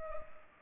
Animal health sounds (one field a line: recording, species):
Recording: mosquito wingbeat signal from an infrared sensor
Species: Culex pipiens